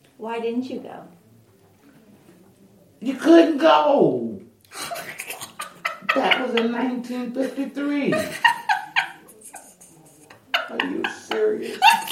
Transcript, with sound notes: Why didn’t you go?
You couldn’t go! (laughter) …That was in 1953! (laughter) …Are you serious?!?